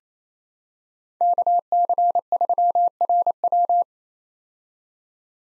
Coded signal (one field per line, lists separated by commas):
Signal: Morse code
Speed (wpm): 28 wpm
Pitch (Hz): 700 Hz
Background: none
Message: KC3RW